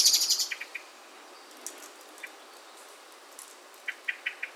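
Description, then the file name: Common blackbird calling with brief sharp notes, an opening burst of high chatter, then scattered single clicks and a closing run of quick notes. "Turdus merula"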